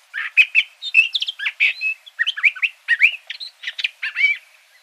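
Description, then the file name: Curve-billed thrasher singing a fast jumble of buzzy chips and curving whistled notes, phrases tumbling one after another with little break. Arizona. "CBTH 8 Deviche"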